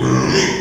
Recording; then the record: squeal of a Yucatan mini pig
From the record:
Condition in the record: before surgery on the right vocal fold (resection and tissue-engineered implant); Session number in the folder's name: 1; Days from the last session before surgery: -3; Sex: male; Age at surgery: 12 weeks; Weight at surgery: 13 kg